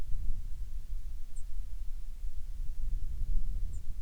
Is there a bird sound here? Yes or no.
no